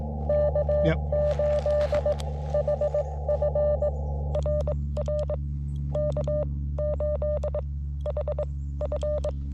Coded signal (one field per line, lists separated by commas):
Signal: Morse code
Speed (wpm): 18 wpm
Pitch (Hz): 590 Hz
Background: speech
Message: K8HF RR K8HF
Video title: CW POTA at K-5221 with the FX-4CR and WRC 213" Antenna